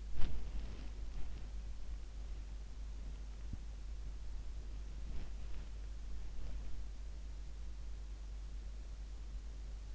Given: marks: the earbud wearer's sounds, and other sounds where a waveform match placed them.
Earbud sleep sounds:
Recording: sounds in sleep by an in-ear microphone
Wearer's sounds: body movement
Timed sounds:
0.00-1.60 s: body movement

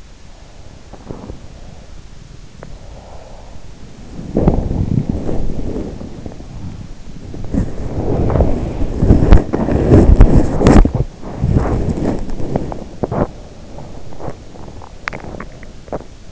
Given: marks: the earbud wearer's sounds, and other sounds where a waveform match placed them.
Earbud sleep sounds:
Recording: sounds in sleep by an in-ear microphone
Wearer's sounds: breath, teeth grinding, body movement, swallowing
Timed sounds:
0.27-1.95 s: breath
0.86-1.61 s: teeth grinding
2.46-3.83 s: breath
3.89-16.31 s: body movement
14.87-16.31 s: swallowing

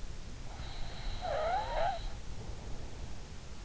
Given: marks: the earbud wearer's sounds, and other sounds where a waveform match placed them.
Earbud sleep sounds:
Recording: sounds in sleep by an in-ear microphone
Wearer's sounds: breath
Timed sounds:
0.62-3.25 s: breath

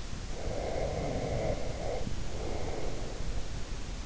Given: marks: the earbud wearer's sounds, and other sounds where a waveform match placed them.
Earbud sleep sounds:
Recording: sounds in sleep by an in-ear microphone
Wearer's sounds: breath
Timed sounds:
0.31-3.30 s: breath

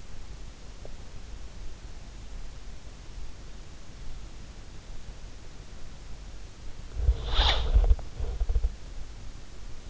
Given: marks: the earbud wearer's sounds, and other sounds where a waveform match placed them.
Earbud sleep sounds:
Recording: sounds in sleep by an in-ear microphone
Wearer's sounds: teeth grinding, body movement, breath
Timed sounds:
0.00-1.68 s: teeth grinding
6.93-8.66 s: body movement
7.10-7.82 s: breath

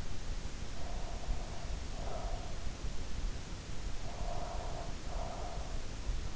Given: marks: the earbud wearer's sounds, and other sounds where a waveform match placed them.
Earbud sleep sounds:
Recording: sounds in sleep by an in-ear microphone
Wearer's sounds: breath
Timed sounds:
0.72-2.84 s: breath
3.93-6.36 s: breath

